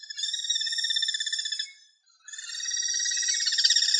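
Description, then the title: Bird song made of two long, rapid rolling trills with a brief pause between, each pulsing quickly and evenly; no other sounds. "LuckyPassaro Completos2Sama"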